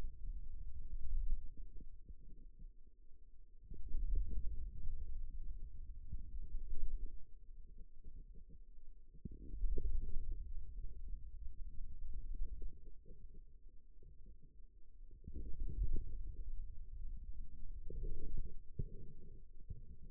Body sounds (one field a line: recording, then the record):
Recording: forearm muscle sounds (acoustic myography)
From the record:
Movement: wrist extension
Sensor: system 2, bracelet of six BSWA MPA416 microphones around the upper forearm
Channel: 3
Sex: male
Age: 22 years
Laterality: right